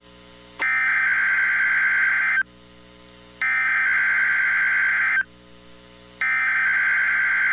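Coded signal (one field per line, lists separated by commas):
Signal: Emergency Alert System (SAME) tones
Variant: header bursts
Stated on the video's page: Required Weekly Test tones from the NOAA Weather Radio station serving South Bend, Indiana.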